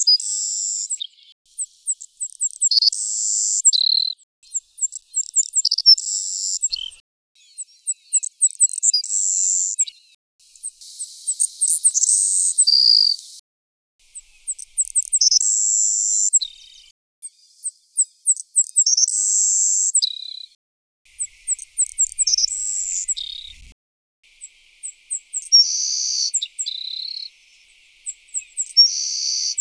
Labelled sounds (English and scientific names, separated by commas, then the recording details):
Savannah Sparrow (Passerculus sandwichensis) song
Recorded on Kent Island, New Brunswick, in 2008